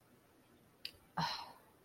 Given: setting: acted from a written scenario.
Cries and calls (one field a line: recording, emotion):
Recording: vocal sound without words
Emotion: contempt